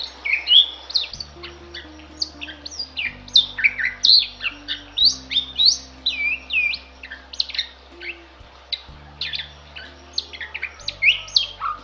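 Bali myna giving a continuous jumble of squeaky whistles, harsh squawks and slurred notes throughout, with a low electrical hum underneath.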